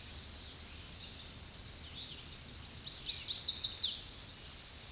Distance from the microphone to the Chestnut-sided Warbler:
about 15 m